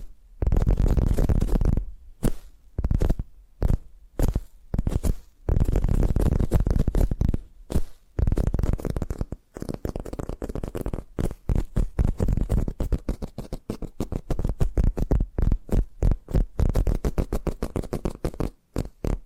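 Tapping triggers: dense bursts of taps, with heavy, booming low thumps through the first nine seconds broken by short silent gaps. After about ten seconds the tapping turns lighter and quicker, a rapid rattling patter that runs to the end.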